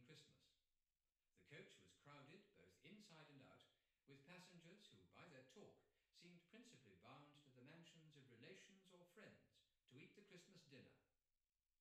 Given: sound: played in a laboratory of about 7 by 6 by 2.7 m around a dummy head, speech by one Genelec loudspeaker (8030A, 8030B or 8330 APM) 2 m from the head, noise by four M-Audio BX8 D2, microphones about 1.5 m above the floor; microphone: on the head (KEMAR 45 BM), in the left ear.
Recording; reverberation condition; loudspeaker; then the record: male speech in English; medium; 30 degrees to the right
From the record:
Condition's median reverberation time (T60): about 510 ms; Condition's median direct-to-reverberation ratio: about -0.5 dB